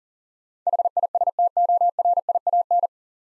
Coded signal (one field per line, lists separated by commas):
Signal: Morse code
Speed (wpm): 40 wpm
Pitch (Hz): 700 Hz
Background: none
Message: HISTORIAN